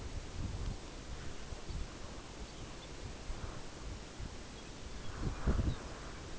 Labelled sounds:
Red Phalarope
unidentified sound
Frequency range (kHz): Red Phalarope 3.8-5.2 kHz
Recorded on Arctic tundra, site UTQI-5, on 14 June 2019
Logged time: 04:00

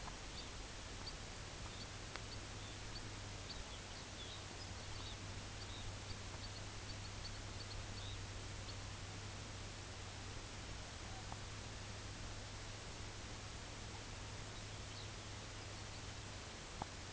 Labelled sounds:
Red Phalarope
unidentified sound
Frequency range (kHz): Red Phalarope 2.6-5.5 kHz
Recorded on Arctic tundra, site UTQI-5, on 18 June 2019
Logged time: 20:00

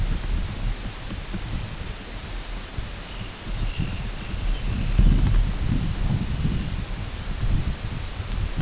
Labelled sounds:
Dunlin
unidentified sound
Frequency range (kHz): Dunlin 2.2-3.6 kHz
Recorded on Arctic tundra, site UTQI-8, on 14 June 2019
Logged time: 08:00

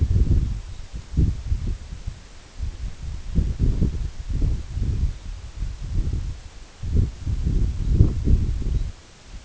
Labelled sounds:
Red Phalarope
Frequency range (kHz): Red Phalarope 3.1-5.0 kHz
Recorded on Arctic tundra, site EABA-1, on 24 June 2018
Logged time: 10:00

